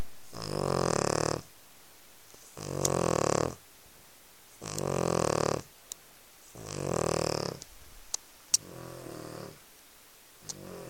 Sleeping in the lounge with the kids is fun until the dog starts snoring.